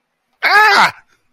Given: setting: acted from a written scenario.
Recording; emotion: vocal sound without words; fear